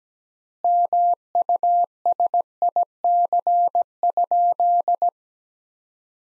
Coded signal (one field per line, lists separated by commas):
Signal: Morse code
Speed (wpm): 17 wpm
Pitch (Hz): 700 Hz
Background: none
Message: MUSIC?